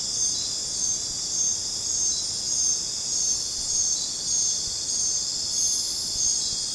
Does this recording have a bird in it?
no